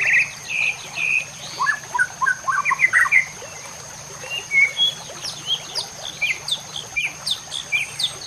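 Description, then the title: White-rumped shama song: short varied whistles and chirps in quick bursts. Masteran training song for caged birds. "MURAI BATU LABAIK"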